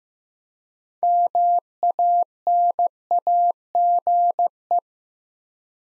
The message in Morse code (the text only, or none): MANAGE